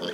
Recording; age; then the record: pig call; piglet (1 to 25 days)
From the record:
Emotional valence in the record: positive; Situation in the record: before nursing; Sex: male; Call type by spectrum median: low-frequency call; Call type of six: low-frequency tonal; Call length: 0.14 s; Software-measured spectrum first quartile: 431 Hz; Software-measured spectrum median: 1114 Hz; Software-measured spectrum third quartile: 2988 Hz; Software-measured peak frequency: 430 Hz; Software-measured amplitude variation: 82 dB a second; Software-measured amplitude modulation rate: 13.9 a second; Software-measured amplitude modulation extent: 5.9 dB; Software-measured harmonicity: 2.0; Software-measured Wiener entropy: -2.30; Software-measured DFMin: 925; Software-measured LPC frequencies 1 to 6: 487, 1559, 3217, 4648, 5967, 8090 Hz